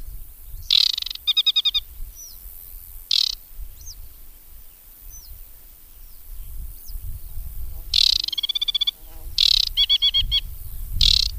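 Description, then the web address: Aquatic warbler song: short phrases of harsh rasping chatter alternating with clear pulsed trills, two bursts separated by a quiet pause, low rumbling background. "agykontroll Madardalok Cd 3. Csíkosfejű nádiposzáta"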